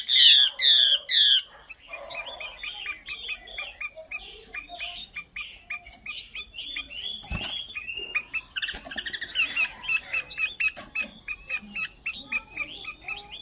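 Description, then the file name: Chinese hwamei song opening with three loud descending notes, followed by a long varied stream of softer chirps and whistled phrases. Female bird singing. "Tieng chim hoa mi mai hot"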